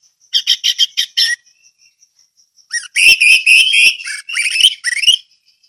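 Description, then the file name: Orange-headed thrush song: a quick series of ringing whistled notes, a faint thin whistle held between phrases, then a richer, louder warbling run. Song in the ngeplong style. "anis merah ngeplong"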